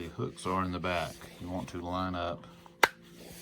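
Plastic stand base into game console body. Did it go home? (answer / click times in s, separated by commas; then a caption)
yes / 2.8 s. A plastic stand base is rotated so its hooks line up with slots on the back of a game console, then pushed home while someone talks. A sharp, loud snap at 2.8 seconds marks the stand clicking into place, seated on the console body.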